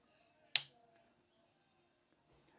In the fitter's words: You're going to feel a click when locks into place.